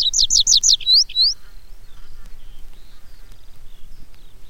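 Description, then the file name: Tree pipit giving a short burst of rapid looping notes ending in two rising whistles, then faint scattered calls of other birds in the background. "baumpieper"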